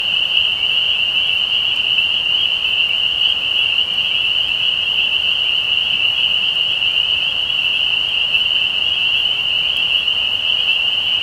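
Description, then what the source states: Dense chorus of spring peepers, continuous high ringing peeps fused into a steady shrill drone throughout. Recorded 15 May 2020.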